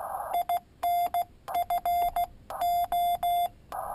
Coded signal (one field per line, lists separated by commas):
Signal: Morse code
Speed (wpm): 16 wpm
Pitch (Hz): 700 Hz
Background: none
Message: INFO